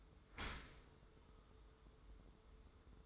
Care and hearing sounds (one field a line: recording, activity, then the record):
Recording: daily activity, microphone in the room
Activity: open dishwasher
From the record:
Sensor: 3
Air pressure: 1014.9 hPa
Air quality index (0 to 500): 41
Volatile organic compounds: 1 ppm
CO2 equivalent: 596 ppm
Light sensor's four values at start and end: 12/27/11/11 and 12/27/11/11